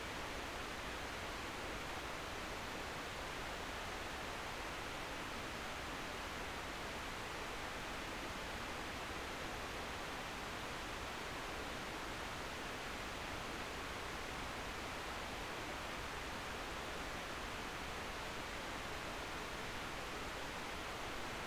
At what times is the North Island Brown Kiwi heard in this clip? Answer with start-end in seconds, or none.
none